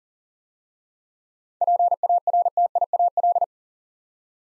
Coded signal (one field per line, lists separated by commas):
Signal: Morse code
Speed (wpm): 40 wpm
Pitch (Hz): 700 Hz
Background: none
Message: PARTIAL